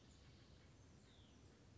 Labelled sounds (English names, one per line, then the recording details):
Hutton's Vireo
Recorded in Sonoma County, California